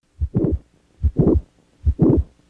Stethoscope Landmarks Mitral Valve Prolapse with Mid Systolic Click. Standing.